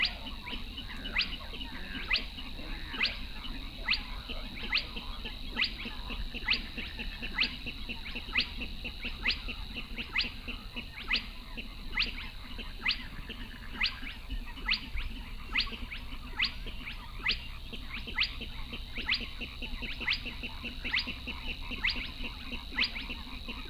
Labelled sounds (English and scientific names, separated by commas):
Spotted Crake (Porzana porzana)